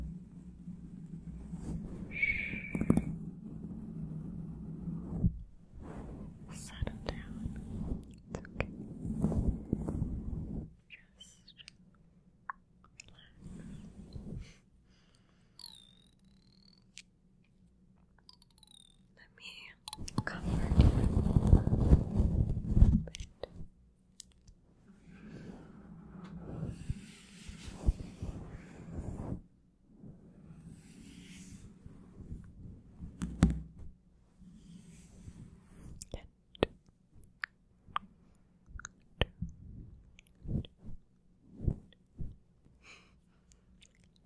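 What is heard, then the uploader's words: A scalp massage: soft rubbing and scratching of fingers through hair, in bursts with pauses between. The loudest stretch of vigorous rubbing comes around 20 to 23 seconds. Small clicks and crackles are scattered throughout, over a low steady hum. ASMR best scalp massage EVER!!!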